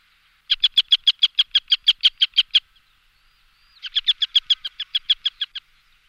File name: albanella minore